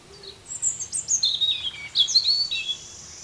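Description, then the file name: European robin song: a rapid jumble of thin, high whistles and twittering notes sliding up and down, one continuous phrase lasting about two and a half seconds. "Erithacus rubecula"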